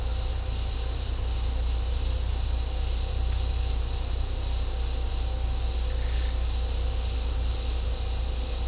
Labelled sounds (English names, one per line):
none